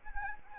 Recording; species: mosquito wingbeat signal from an infrared sensor; Anopheles arabiensis